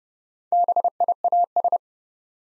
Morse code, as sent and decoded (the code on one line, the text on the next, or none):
-... .. .- ...
BIAS